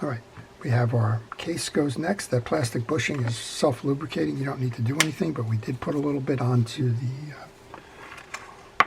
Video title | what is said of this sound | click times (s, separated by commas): Shimano Sedona 2000F fishing reel how to service | you heard a nice snap there that generally tells you that you've seated your case properly | 8.8 s